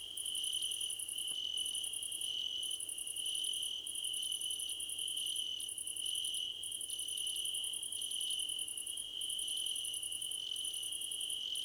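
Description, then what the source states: Cricket chorus with a persistent high trill and bursts of pulsed chirps, overlapping callers throughout. Crickets in a choir competition.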